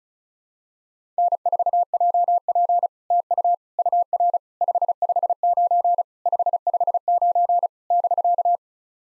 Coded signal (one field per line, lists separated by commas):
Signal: Morse code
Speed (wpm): 36 wpm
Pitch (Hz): 700 Hz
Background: none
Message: N4JP TU UR 559 559 <BK>